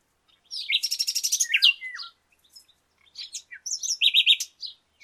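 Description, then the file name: Common nightingale song: a fast rattling trill that slides into slurred notes, a short silence, then a chattering phrase of rapid repeated notes. "Luscinia megarhynchos"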